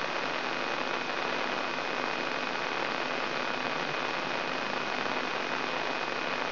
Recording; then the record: brain microelectrode recording played as sound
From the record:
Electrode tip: inside the subthalamic nucleus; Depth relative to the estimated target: 1 mm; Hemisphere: right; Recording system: AlphaMap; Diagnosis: Parkinson's disease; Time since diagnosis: 9 years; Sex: male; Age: 68 years